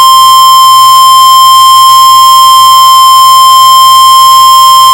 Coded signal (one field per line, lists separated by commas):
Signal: Emergency Alert System (SAME) tones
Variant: 1050 Hz attention tone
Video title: SVR For 2 Connecticut counties: Tolland and Hartford 6/21/24 EAS #3